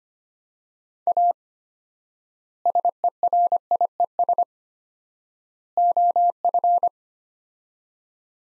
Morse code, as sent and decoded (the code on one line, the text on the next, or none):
.- / ... . .-. .. . ... / --- ..-.
A SERIES OF